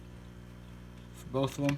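Small plastic grommets are being handled for fitting, thinner side first, into freshly drilled holes in a mounting panel, with the aim of pushing them down until they click in. Low steady background sound runs through the clip, and someone talks near the end. Nothing has seated or clicked yet.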